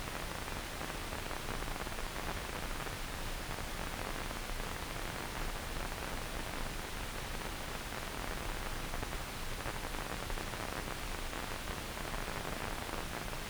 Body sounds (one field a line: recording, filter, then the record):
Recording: brain microelectrode recording played as sound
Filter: wide band, above 20 Hz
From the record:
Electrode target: subthalamic nucleus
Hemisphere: left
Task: reaching with the right hand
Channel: 1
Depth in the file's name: 0.251 mm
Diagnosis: Parkinson's disease